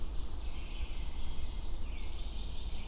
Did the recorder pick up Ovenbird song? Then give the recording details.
yes. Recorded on 22 June 2016 at 06:02. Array SBT-6-76